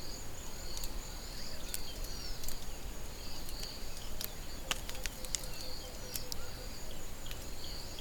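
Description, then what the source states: Caterpillar feeding sounds: sharp, irregular crunching clicks scattered throughout, over a steady pulsing high insect buzz and a low background rumble. Caterpillars eating marula.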